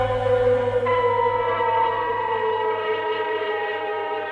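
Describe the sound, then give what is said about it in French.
Sirens in Prague in 1948 wail in a steady, sustained drone, calling workers gathered by the Communist Party to the Town Hall square; several tones stacked together with a slight pitch jump near the start, holding loudly throughout over a low rumbling hum. “À l'appel des sirènes, les ouvriers rassemblés par le Parti communiste se sont rendus en bon ordre au rendez-vous que leur avait donné sur la place de l'Hôtel de Ville le ministre Gottwald, leur chef.”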